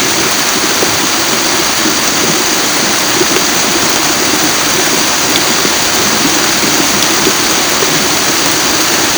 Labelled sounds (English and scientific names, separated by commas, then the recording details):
none
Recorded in secondary vegetation near Puerto Asís, Putumayo, Colombia, on 9 March 2025 at 11:30
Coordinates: 0.489, -76.322
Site G042